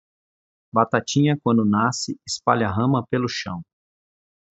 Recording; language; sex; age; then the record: short text; Brazilian Portuguese; male; 40 to 49 years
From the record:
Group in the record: control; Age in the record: 44 years